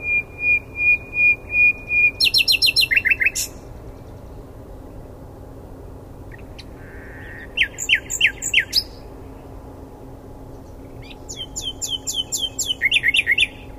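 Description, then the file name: Common nightingale song: a run of repeated whistled notes, then rapid repeated chirping trills and a low buzzy phrase, pausing between bursts of fast, varied notes. "Luscinia megarhynchos"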